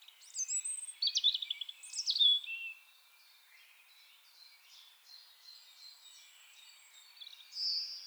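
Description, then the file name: European robin song: a bright burst of high trilling and sweeping notes at first, then faint twitters, and a short high phrase at the end. "Erithacus rubecula"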